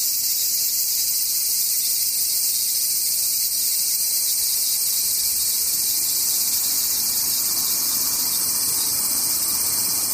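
Cicadas drone without a break, a dense, very high and hissing buzz that holds steady for the whole stretch. The chorus fills the air, with only a faint low rumble underneath and no separate events standing out.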